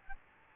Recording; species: mosquito wingbeat signal from an infrared sensor; Aedes albopictus